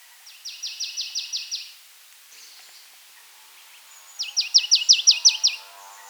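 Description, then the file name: Marsh tit calling in two quick bursts of about eight high notes, each burst lasting just over a second, separated by a pause of about two and a half seconds. "Poecile palustris"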